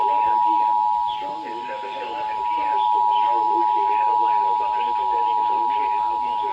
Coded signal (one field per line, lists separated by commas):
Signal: Emergency Alert System (SAME) tones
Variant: 853 and 960 Hz attention tone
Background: speech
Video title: Severe Thunderstorm Warning (EAS #218-219)